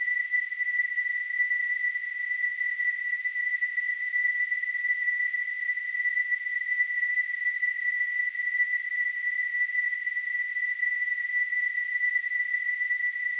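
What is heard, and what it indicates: A steady, high-pitched whistling tone near 2 kHz runs unbroken for about 13 seconds, with faint hiss around it. It is a simulation of tonal tinnitus: the constant ringing a person with tinnitus hears with no outside source.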